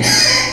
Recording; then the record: squeal of a Yucatan mini pig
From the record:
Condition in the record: before surgery on the right vocal fold (resection and tissue-engineered implant); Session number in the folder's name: 2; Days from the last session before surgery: 0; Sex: male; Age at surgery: 12 weeks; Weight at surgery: 13 kg